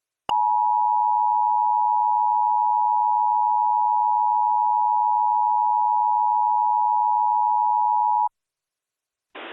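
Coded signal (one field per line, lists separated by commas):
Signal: Emergency Alert System (SAME) tones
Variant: 853 and 960 Hz attention tone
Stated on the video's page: Simulated EAS Tornado Emergency alert for Rockford built from test message text, containing valid EAS tones; not a real alert.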